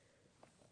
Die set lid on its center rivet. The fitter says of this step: so that little RI you heard it pop then yes yeah it just pops off that center of it gives you the actual